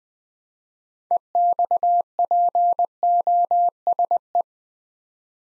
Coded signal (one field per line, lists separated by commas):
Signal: Morse code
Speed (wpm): 20 wpm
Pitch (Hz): 700 Hz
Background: none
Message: EXPOSE